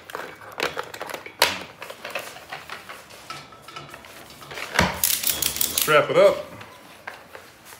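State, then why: Not seated. A wrapped ratchet strap is handled near its plastic strap winder holder while someone talks, with a sharp knock at about 1.4 s and a burst of clattering, rattling handling sounds between 4.8 and 6.3 s. The strap has not yet seated or clicked into the holder.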